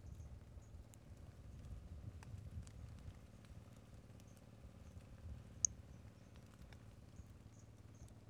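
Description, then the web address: Brachycephalus albolineatus calls: brief high-pitched chirping notes scattered irregularly throughout, one louder sharp note, over steady low background noise. Single individual, numbered 06, not vouchered. "2018 Brachycephalus albolineatus individual 06 example 01 unvouchered"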